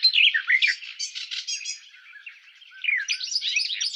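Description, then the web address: European goldfinch singing a rapid, tinkling jumble of twittered notes that briefly softens midway, then returns with brighter, higher chirps. "щегол"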